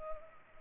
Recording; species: mosquito wingbeat signal from an infrared sensor; Culex pipiens